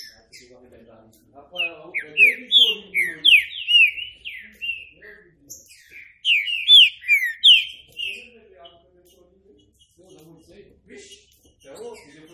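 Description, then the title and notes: Green-winged saltator song: two bursts of rapid downward-sliding whistles separated by a pause, with faint low chatter before and after. Classic song style (canto clássico), used for training. "Canto Clássico Trinca Ferro TREINAMENTO. trinca fero"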